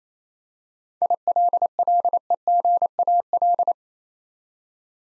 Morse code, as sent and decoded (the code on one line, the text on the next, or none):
.. .-.. .-.. . --. .- .-..
ILLEGAL